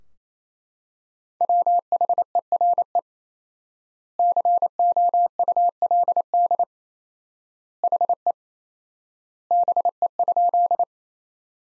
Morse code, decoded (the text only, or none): WHERE COULD HE BE?